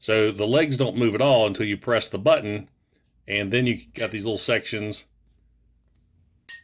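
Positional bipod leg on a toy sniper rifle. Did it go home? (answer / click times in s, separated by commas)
yes / 6.5 s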